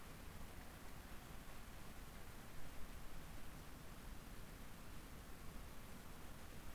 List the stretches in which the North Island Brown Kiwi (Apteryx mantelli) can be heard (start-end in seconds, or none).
none